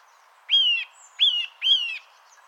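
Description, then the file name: Eurasian nuthatch giving three clear whistled call notes, each slurred and slightly falling at the end, over steady low hiss. "Sitta europaea"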